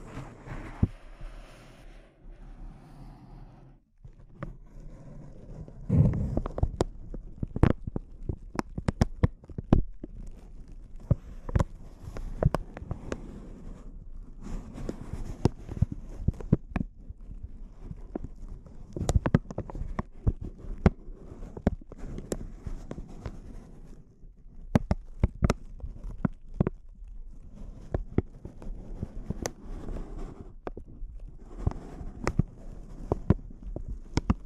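Intense crinkles, a dense run of sharp crackling snaps and rustles, quieter for the first few seconds, then busy and irregular throughout.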